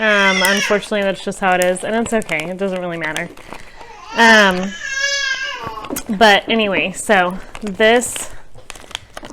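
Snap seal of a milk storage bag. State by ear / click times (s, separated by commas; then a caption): seated / 8.7 s, 9.0 s, 9.2 s. Someone talks, with a short burst of music around 5 s, then presses shut the plastic snap seal on a breast milk storage bag. Sharp snaps are heard at 8.7, 8.95 and 9.2 seconds as the seal closes.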